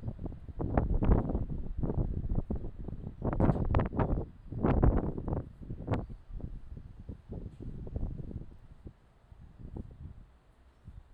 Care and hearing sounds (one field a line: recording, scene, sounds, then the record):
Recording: everyday scene through a hearing-aid microphone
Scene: wind on the microphone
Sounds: squally wind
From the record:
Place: parking lot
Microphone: in the ear canal, left